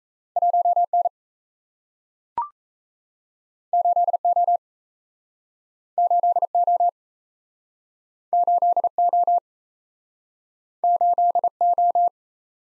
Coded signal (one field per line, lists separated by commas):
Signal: Morse code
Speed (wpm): 38 wpm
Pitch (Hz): 700 Hz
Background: none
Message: 1N 8O 8O 8O 8O